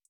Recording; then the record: hydrophone in a shrimp aquaculture tank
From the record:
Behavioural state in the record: feeding